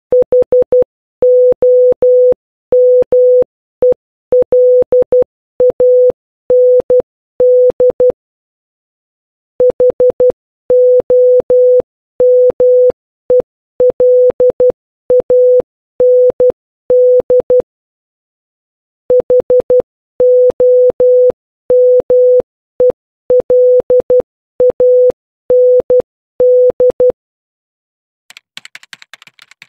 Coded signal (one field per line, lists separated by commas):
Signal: Morse code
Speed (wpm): 12 wpm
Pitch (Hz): 500 Hz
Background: none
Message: HOMELAND HOMELAND HOMELAND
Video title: Morse Code Practice Workbook - Letters a-p (4)